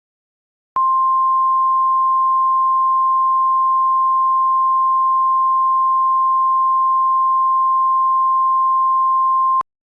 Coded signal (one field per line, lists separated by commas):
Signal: Emergency Alert System (SAME) tones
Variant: 1050 Hz attention tone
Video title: 2/21/24 WXL51 Required Weekly Test (EAS #4) (With Recreation)